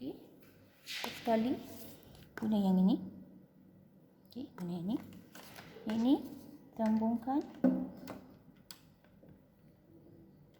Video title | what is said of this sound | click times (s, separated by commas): ELECTRICAL CIRCUITS PW1 | Okey, sampai ada bunyi klik lah Okey. | 8.7 s